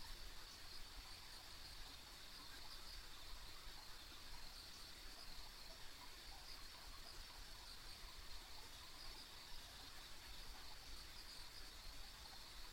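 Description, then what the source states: Insects buzz and chirp steadily at a high pitch for the whole stretch, with a quiet, even low-frequency background hum. Ambient insect sounds on a rural country road.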